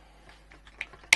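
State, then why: Seated. A plastic cover is pressed on over the routed cable onto the light dispenser housing of a Dalek model. Faint ticks of plastic shifting come first, then the cover snaps into place with a sharp click at 0.8 s and a louder, harder snap at 1.1 s, seating it.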